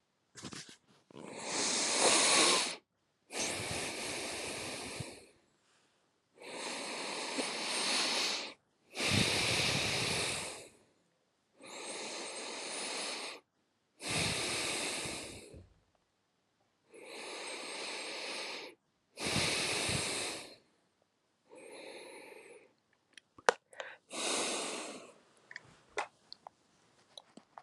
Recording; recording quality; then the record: deep breathing; excellent, no background noise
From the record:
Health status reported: healthy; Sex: male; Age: 27 years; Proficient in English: yes